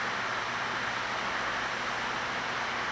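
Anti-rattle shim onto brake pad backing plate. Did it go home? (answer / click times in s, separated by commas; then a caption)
no / none. A thermal-quiet anti-rattle shim is handled and lined up over the holes on a brake pad's backing plate before being pressed down. Only a steady broadband hiss is heard, with no sudden sounds. Nothing has clicked or seated yet.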